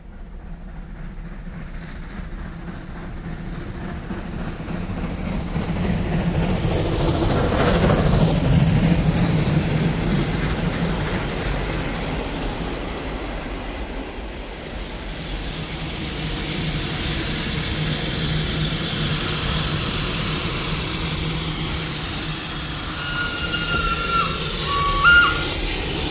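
A passenger train rolls steadily along the rails, a continuous low rumble that swells loudly about a third of the way through, then gives way to a brighter, hissing rush with no voices.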